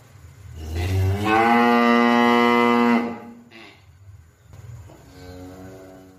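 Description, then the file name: Cow mooing: one loud, long moo lasting about two seconds, then a quieter, shorter moo near the end. "suara sapi"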